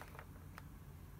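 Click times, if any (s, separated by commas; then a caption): none. A laptop-style SODIMM RAM stick is pushed into a motherboard memory slot during a 16 GB RAM upgrade on an MSI Infinite S 10SI-052UK gaming desktop PC (i5-10400F, GTX 1660 Super). Small fumbling taps are heard at about 0.0, 0.2 and 0.6 s over a steady low hum. The module has not clicked into place; it won't go in and keeps going to the side.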